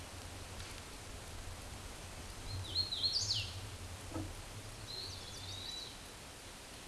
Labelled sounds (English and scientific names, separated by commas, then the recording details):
Hooded Warbler (Setophaga citrina) song
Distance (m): 15 m
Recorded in a Pennsylvania forest on 17 May 2023 at 12:30
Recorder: AudioMoth, point grid1_31_low
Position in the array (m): 132 m, 86 m